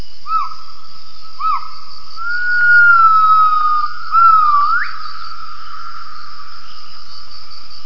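Gibbon giving clear whistled notes: a few short swooping notes, then long steady tones, the last ending in a sharp rising slide, over a faint high hiss.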